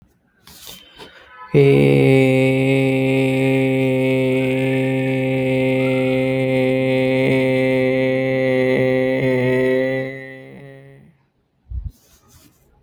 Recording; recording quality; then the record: sustained vowel as in made; moderate, slight background noise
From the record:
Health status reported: healthy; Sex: male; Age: 33 years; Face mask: not worn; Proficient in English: yes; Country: India